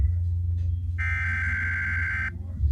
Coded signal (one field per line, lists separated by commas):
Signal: Emergency Alert System (SAME) tones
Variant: header bursts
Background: speech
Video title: a emergency alert system in the usa